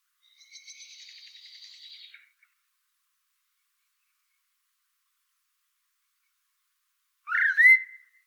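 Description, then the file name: Common blackbird song: a high, thin twittering phrase for two seconds, then after a long silence a short rising fluted whistle with a squeaky tail. "Turdus merula"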